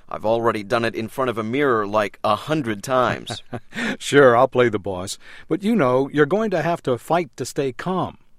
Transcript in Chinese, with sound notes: I've already done it front of a mirror like a hundred times.
(chuckle) Sure...I'll play the boss. But you know...you're going to have to fight to stay calm.